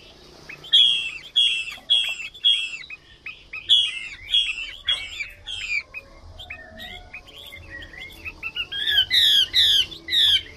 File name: Tieng chim hoa mi mai hot